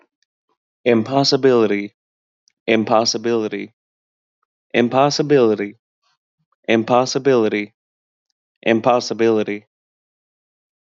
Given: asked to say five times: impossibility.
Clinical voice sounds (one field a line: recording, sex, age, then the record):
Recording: repeated word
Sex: male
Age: 30 to 39 years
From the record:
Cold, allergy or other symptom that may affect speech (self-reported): no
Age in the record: 31 years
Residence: Wisconsin, United States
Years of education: 15